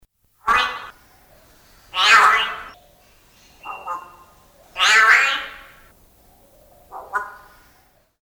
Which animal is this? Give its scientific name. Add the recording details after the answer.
Mino dumontii. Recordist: Tembrock, Günter. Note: verschiedene Lautformen zweier Vögel